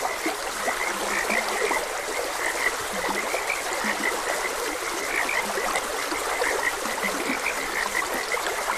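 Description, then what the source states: Frogs give short croaks, a mix of high bright chirps and deep low notes scattered throughout, against continuous flowing water. Frogs croaking beside a gentle stream.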